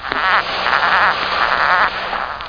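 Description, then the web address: Penguin braying call: a harsh, nasal, pulsing bray with wavering harmonics, lasting nearly two seconds. "Micro RD-CD-ROM-Vol 1. penguin"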